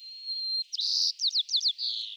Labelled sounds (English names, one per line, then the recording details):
White-crowned Sparrow song
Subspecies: nuttalli
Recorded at Morro Bay, California, in 2014
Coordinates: 35.368, -120.867
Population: south
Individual MORR_maleE_14